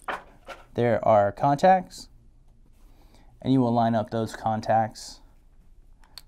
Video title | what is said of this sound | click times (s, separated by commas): SLIK by ALUR "Mouth to Lung" Pod System Vape - Vape Review ~ Product Spotlight | it only can go on one way and it just snaps into place | 6.0 s, 6.2 s